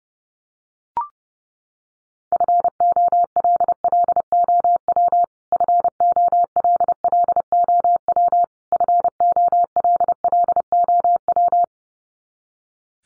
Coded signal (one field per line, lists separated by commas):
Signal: Morse code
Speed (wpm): 30 wpm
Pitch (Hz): 700 Hz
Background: none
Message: FOLLOW FOLLOW FOLLOW